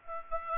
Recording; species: mosquito wingbeat signal from an infrared sensor; Aedes aegypti